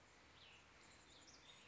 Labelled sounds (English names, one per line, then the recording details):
Cassin's Vireo
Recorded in Sonoma County, California